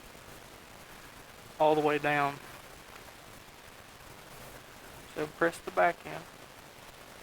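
A DDR3 memory module is handled over a motherboard DIMM slot, lined up to be pressed in back end first, with someone talking in two short bursts over a steady low hiss. Nothing has seated or clicked yet, and the lever has not closed by the end of the clip.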